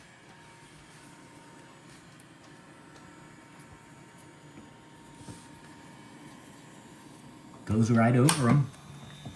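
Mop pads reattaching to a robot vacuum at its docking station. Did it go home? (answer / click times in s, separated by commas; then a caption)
no / none. A Dreame robotic mop and vacuum cleaner backs onto its docking station and drives right over its rotating mop pads, which are meant to reattach to the underside of the robot. A low, steady hum runs throughout with a faint tick at 2.2 s, and near the end someone talks. Nothing has seated or clicked into place yet.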